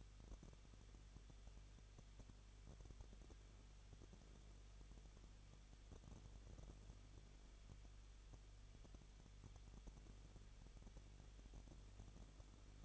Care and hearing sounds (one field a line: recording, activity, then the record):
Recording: daily activity, microphone in the room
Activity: no activity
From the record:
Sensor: 4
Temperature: 23.0 degrees Celsius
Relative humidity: 34.1%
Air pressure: 1007.4 hPa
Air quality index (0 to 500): 213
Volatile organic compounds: 14 ppm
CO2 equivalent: 2457 ppm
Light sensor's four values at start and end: 2/3/1/1 and 2/3/1/1